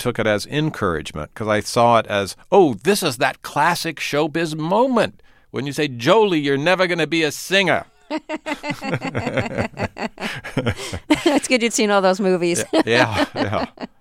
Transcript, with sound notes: I took it as encouragement because I saw it as, oh, this is that classic showbiz moment when you say, Jolie, you're never going to be a singer.
(LAUGHTER) It's good you'd seen all those movies.
Yeah.